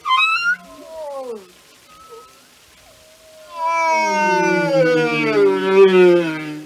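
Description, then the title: Whale vocalizing: a short upswept cry and falling glides, a quiet pause, then a long, loud, harmonic moan that wavers and slowly descends. Whale songs and communication. "Whale Behavior"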